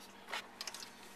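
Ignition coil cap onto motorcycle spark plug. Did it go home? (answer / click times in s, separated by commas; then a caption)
no / none. An ignition stick coil cap on a 2008 ZX10R motorcycle is pressed down by hand onto the spark plug in the cylinder head. A soft scraping rustle at about 0.3 to 0.4 seconds is followed by a quick run of light taps between 0.6 and 0.85 seconds. Nothing has seated or clicked yet.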